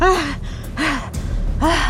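Three heavy, gasping breaths of a woman panting with her back against a door, coming in a steady rhythm, each a loud rasping inhale with a voiced, strained edge, separated by short pauses and no speech.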